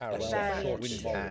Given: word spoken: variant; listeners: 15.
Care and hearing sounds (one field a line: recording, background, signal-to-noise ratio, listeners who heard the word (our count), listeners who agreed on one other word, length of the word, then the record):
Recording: one English word in noise, from a listening test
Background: four-talker babble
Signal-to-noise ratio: -2.3 dB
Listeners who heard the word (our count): 0 of 15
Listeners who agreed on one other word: 6 of 15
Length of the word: 0.91 s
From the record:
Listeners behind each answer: 6, 1, 1, 1, 1, 1, 1, 1, 1, 1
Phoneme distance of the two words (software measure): 20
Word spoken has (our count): 2 syllables, 6 phonemes, stress on syllable 1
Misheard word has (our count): 2 syllables, 6 phonemes, stress on syllable 1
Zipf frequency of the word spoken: 2.74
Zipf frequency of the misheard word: 3.29